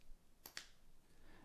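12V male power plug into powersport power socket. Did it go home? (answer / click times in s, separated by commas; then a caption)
yes / 0.5 s, 0.6 s. A male 12V power plug is pushed into a powersport vehicle power socket, its spring-loaded prongs snapping into the socket's groove. Two sharp snaps are heard at 0.5 s and 0.6 s against quiet background hiss. The plug seats and holds firmly.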